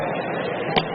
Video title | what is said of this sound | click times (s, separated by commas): Wedi Get The Clicks You Need | It simply snaps into place. | 0.8 s